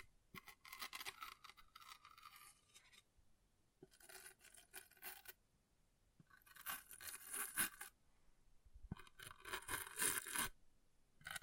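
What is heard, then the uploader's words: An object is scratched in four bursts of about two seconds each, separated by short quiet pauses. Each burst is a dense, bright, rasping scrape with rapid gritty strokes inside it. The later bursts are a bit louder and harsher. ASMR Brain Melting Object Scratching (No Talking).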